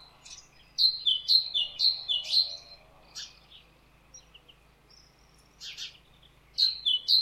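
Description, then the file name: Great tit giving a rapid string of bright falling two-note phrases, then scattered rough notes, and more ringing phrases at the end. "Parus major"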